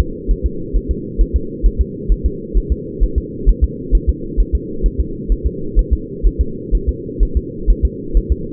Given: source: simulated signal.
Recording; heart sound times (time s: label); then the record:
fetal heart sounds
0.00 s: S2
0.31 s: S1
0.46 s: S2
0.76 s: S1
0.91 s: S2
1.21 s: S1
1.36 s: S2
1.66 s: S1
1.81 s: S2
2.12 s: S1
2.26 s: S2
2.58 s: S1
2.72 s: S2
3.03 s: S1
3.18 s: S2
3.49 s: S1
3.64 s: S2
3.95 s: S1
4.09 s: S2
4.40 s: S1
4.55 s: S2
4.86 s: S1
5.00 s: S2
5.32 s: S1
5.46 s: S2
5.79 s: S1
5.93 s: S2
6.27 s: S1
6.41 s: S2
6.75 s: S1
6.89 s: S2
7.23 s: S1
7.37 s: S2
7.70 s: S1
7.85 s: S2
8.17 s: S1
8.32 s: S2
From the record:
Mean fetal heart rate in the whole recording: 130 bpm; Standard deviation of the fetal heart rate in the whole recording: 2 bpm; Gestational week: 36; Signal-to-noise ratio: -4.3 dB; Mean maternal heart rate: 72 bpm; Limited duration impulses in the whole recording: absent